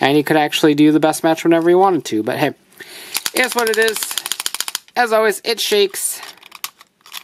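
Someone talks while handling a collectible plastic toy bottle whose plastic cap rotates and locks into place at the front. A quick run of sharp plastic clacks comes around 4.3 to 4.8 s, and a few lighter knocks follow near 6.5 to 6.8 s. The cap has not been turned home yet, and nothing has locked into place.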